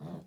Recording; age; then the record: pig call; piglet (1 to 25 days)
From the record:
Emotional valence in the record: negative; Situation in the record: short isolation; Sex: female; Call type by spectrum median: low-frequency call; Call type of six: low-frequency stable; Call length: 0.27 s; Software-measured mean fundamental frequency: 80 Hz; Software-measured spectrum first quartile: 170 Hz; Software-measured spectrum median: 257 Hz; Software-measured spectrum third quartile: 581 Hz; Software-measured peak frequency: 175 Hz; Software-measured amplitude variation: 155 dB a second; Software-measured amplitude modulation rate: 20.2 a second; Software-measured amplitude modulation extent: 7.7 dB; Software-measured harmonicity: 3.9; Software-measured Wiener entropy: -0.19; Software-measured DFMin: 1606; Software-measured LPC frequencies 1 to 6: 3544, 6513, 7417, 8393, 9763, 10697 Hz